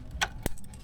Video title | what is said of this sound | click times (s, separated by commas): Back from Africa: Repairing Fabian's 2009 Discovery 3 / Oil Cooler / Radiator / Condenser / S5-EP42 | got to go go back in here this piece looks like fits here yeah that clicks | 0.5 s